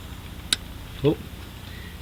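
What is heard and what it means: On a 2003 Saturn Vue engine, a plenum bolt is turned backwards by hand in its threaded hole until the thread start drops in with a sharp, brief click at 0.5 s. Someone then talks briefly around 1.1 s. The bolt is seated and ready to thread in.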